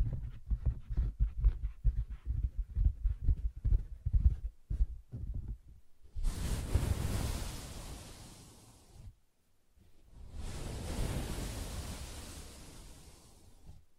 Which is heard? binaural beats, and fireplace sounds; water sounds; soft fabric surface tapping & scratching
soft fabric surface tapping & scratching